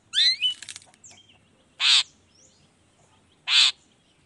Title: Cendet Gacor Dor Di Kala Pagi Toet Toet Variasi Suara. Cendet Gacor Di Pagi Hari Rangsangan Emosi Cendet Malas Bunyi Supaya Secepatnya Ikutan Bunyi